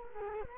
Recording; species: mosquito wingbeat signal from an infrared sensor; Culex quinquefasciatus